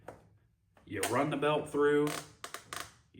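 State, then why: Seated. A ratcheting belt's end is run through the buckle and engages the ratcheting track inside the belt, tightening it until it is seated. Someone talks, then a series of sharp ratchet clicks is heard at 2.4, 2.5 and 2.8 seconds.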